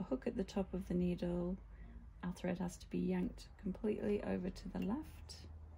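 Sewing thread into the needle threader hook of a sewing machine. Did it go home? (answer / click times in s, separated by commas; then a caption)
no / none. Someone talks while sewing thread is pulled hard to the left over the hook at the top of the needle threader on a Janome Memorycraft 6700P sewing machine. Nothing has clicked into the hook yet.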